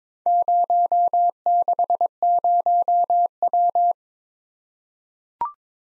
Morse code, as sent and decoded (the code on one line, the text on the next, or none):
----- -.... ----- .--
060W